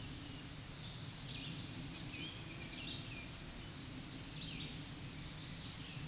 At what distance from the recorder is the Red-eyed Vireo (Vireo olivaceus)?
about 40 m